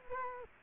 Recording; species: mosquito wingbeat signal from an infrared sensor; Culex quinquefasciatus